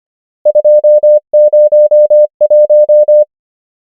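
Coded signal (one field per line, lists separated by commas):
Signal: Morse code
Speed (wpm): 25 wpm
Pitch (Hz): 600 Hz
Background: none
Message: 2 0 1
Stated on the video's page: Morse code practice of numbers, 25 wpm character speed with 24 wpm effective word speed (Farnsworth spacing).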